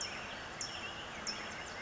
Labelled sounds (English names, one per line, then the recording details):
California Towhee
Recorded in Sonoma County, California